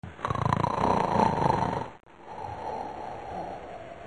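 An adult sleeper snoring: one loud, rattling snore, followed by a quieter, softer breath.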